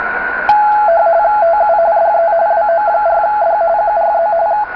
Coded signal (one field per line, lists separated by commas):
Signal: RTTY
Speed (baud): 45.45 baud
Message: TU DE WO4D QRZ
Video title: Tecsun PL-660: Decoding RTTY w/ Digital Master 780